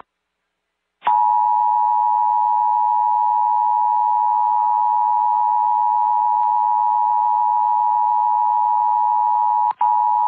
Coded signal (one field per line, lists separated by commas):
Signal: Emergency Alert System (SAME) tones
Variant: 853 and 960 Hz attention tone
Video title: EAS Required Monthly Test Utah Statewide (Emergency Alert System Test) +WeatherSTAR4000